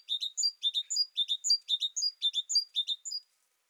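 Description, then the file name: Great tit delivering a brisk, evenly spaced string of high, thin notes, each phrase sliding down to a lower double chip, about two phrases per second. "Parus major"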